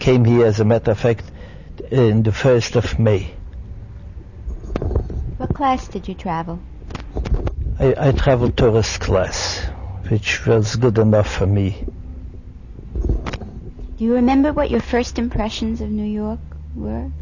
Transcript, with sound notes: I came here, as a matter of fact, in the first of May. (microphone noise)
What class did you travel? (microphone noise)
I traveled tourist class, which was good enough for me. (microphone noise)
Do you remember what your first impressions of New York were?